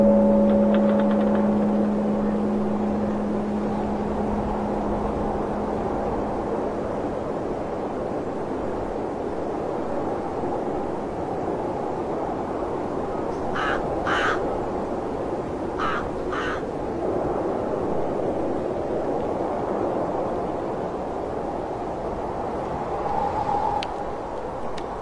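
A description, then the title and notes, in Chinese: Wind blows with a steady, dense roar through a snowy temple, full and even in the low and middle range. A low hum fades out in the first two seconds. Around 14 and 16 seconds, a few short, bright ringing taps sound. 风雪藏空门 寒山古寺钟声。风雪古寺白噪音氛围。纯净无人声。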